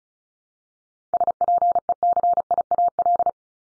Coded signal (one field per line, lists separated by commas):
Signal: Morse code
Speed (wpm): 36 wpm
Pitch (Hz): 700 Hz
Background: none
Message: SPECIAL